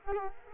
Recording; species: mosquito wingbeat signal from an infrared sensor; Culex quinquefasciatus